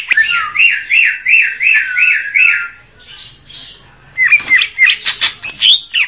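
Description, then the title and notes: Greater green leafbird giving a string of several repeated arched whistled notes, a brief quiet spell, then sharp chirps and rising slurs. Champion-grade cucak ijo song. "Kicau Burung Cucak Ijo Juara. Suara kicauan burung cucak ijo"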